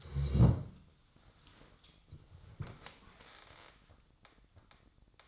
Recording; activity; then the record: daily activity, microphone in the room; sit down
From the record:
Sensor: 3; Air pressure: 1005.0 hPa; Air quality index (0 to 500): 85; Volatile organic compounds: 2 ppm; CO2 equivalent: 1310 ppm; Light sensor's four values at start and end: 9/19/8/8 and 9/21/9/9